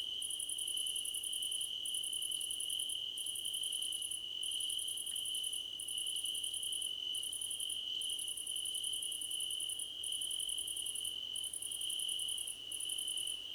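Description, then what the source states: Crickets chirp together: an unbroken high-pitched trill plus very high rapid pulsed bursts, with brief gaps between them. Crickets in a chorus, described as a choir competition.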